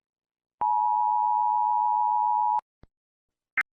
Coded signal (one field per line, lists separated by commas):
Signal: Emergency Alert System (SAME) tones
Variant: 853 and 960 Hz attention tone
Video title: EAS Scenario | Hurricane Kimberly |